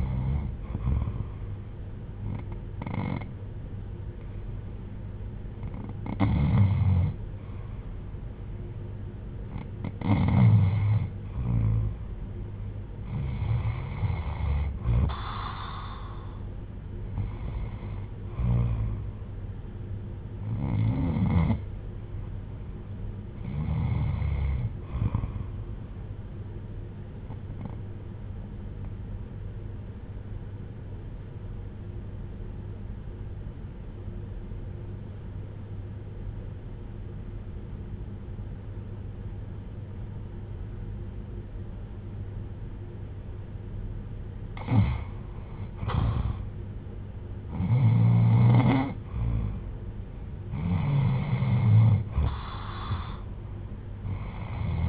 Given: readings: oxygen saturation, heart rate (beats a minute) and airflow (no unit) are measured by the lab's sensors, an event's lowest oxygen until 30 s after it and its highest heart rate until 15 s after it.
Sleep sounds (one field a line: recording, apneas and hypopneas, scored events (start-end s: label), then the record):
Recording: breathing in sleep by a smartphone at the bedside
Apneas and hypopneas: 1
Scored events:
26.00-47.80 s: hypopnea (REM, oxygen 94% highest, then 84% lowest, heart rate 65 at the start, 72 highest)
From the record:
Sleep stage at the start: REM sleep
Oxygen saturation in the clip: 88 to 95%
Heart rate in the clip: 61 to 72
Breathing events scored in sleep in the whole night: 310 in 8.1 hours asleep